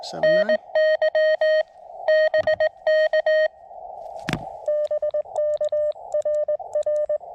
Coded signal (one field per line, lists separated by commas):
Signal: Morse code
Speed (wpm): 20 wpm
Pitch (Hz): 590 Hz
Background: speech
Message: NY BK BK RR